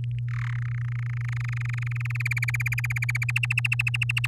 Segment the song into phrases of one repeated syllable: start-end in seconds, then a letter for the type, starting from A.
0.04-0.19 A, 0.28-0.56 B, 0.58-2.17 C, 2.20-3.31 D, 3.35-4.27 E